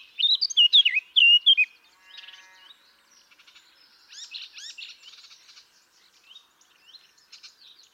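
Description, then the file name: Eurasian blackcap giving one short bright warbled phrase at the start, followed by quieter scattered chirps and twitters. "Sylvia atricapilla"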